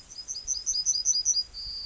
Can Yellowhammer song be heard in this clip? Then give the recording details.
yes. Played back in grassland. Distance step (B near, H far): D. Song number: 106